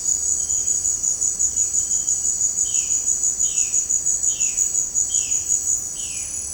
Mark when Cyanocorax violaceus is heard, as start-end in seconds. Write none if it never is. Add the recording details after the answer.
2.57-6.44. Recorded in secondary vegetation near Puerto Asís, Putumayo, Colombia, on 24 March 2025 at 17:30. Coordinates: 0.485, -76.322. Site G040